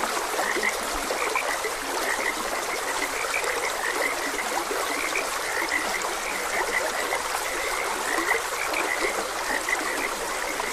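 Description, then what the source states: Frogs calling with quick, repeated croaks across the whole stretch, set against steady babbling stream noise. Frogs croaking beside a gentle stream.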